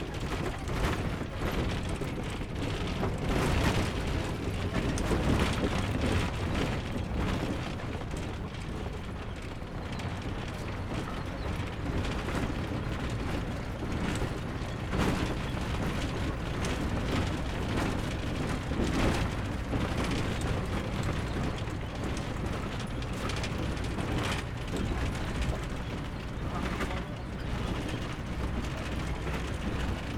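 A rattling local bus rolls along near Pokhara, its ride a dense, steady rumble heavy in the low end. Jolts and clattering bangs break through every few seconds, with sharper knocks around five, fifteen and twenty-seven seconds, while the engine drone never lets up.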